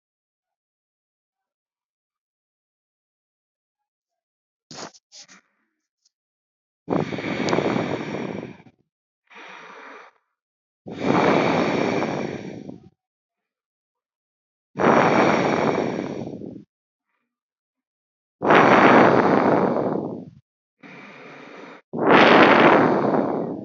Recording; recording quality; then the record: deep breathing; excellent, no background noise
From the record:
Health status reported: healthy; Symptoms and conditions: none ticked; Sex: female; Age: 36 years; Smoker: not ticked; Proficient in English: yes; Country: India